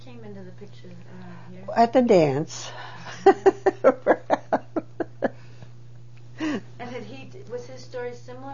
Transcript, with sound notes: He came into the picture around here.
At the dance. (She laughs.)
And had he, was his story similar?